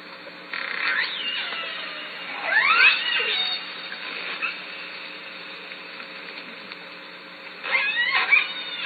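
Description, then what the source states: Killer whale pulsed calls, a few bursts of squealing calls separated by quieter stretches of steady hiss. Southern Resident killer whale calls at Lime Kiln in June.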